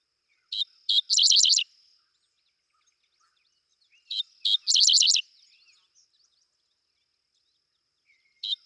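Dickcissel song, two full phrases roughly three and a half seconds apart, each a couple of sharp notes then a dry, rattling burst of chips; another phrase begins at the end.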